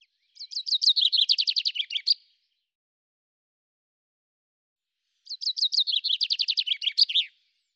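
Common chaffinch delivering two near-identical descending trilled songs with end flourishes, spaced about five seconds apart, against silence.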